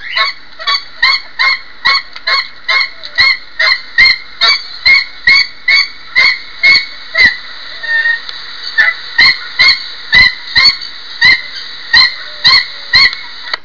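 Nene calls, a long series of short nasal honks, about two a second.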